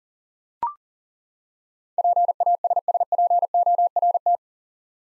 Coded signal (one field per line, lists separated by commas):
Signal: Morse code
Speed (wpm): 40 wpm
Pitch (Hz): 700 Hz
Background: none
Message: PASSPORT